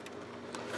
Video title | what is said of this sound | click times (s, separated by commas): World's Best Epson 1430 CISS With Ultra Pro True Color Sublimation Ink | hear it pop down there there | 0.5 s